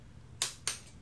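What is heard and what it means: A click-type torque wrench tightens a cylinder head bolt to 54 lb-ft on an aluminium head and iron block of a 1996 Honda Civic VTi PH16A engine during an OEM rebuild. Two sharp, bright clicks ring out at 0.4 s and 0.7 s over a quiet background. The wrench clicks at its setting, confirming the bolt reached torque.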